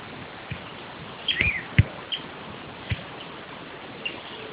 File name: Elaenia mesoleuca